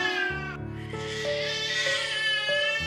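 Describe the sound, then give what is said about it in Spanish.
A newborn baby, just brought home, cries in a loud, continuous, high-pitched wail that wavers and strains, with a brief catch near the start, and no talking alongside it. “Escucha, ya está llorando.”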